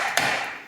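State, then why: Seated. An aftermarket aluminum-cased latch with a plastic insert, on a 2021 Polaris RZR Pro XP Premium side-by-side off-road vehicle, is worked shut. A single solid knock at 0.2 s rises sharply out of a steady background hum and fades over the rest of the clip. The latch locks into place without rattling.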